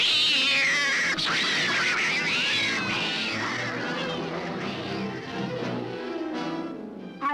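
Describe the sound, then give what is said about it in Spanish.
A wild bobcat yowls and screeches in loud, wavering cries that rise and fall in pitch, a harsh caterwauling that continues for several seconds before trailing off. “Gato Montés Salvaje.”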